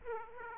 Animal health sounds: mosquito wingbeat signal from an infrared sensor; Aedes aegypti

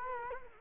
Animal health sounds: mosquito wingbeat signal from an infrared sensor; Culex quinquefasciatus

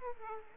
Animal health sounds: mosquito wingbeat signal from an infrared sensor; Aedes aegypti

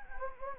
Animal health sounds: mosquito wingbeat signal from an infrared sensor; Anopheles gambiae

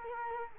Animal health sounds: mosquito wingbeat signal from an infrared sensor; Culex quinquefasciatus

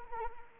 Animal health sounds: mosquito wingbeat signal from an infrared sensor; Anopheles arabiensis

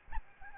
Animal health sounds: mosquito wingbeat signal from an infrared sensor; Aedes albopictus

